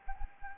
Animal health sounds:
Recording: mosquito wingbeat signal from an infrared sensor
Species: Anopheles gambiae

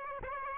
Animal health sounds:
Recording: mosquito wingbeat signal from an infrared sensor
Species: Aedes aegypti

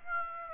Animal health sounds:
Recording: mosquito wingbeat signal from an infrared sensor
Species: Aedes aegypti

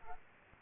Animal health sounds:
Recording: mosquito wingbeat signal from an infrared sensor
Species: Aedes aegypti

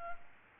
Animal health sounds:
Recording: mosquito wingbeat signal from an infrared sensor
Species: Aedes albopictus

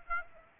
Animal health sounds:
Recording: mosquito wingbeat signal from an infrared sensor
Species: Aedes aegypti

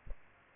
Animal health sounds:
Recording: mosquito wingbeat signal from an infrared sensor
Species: Aedes aegypti

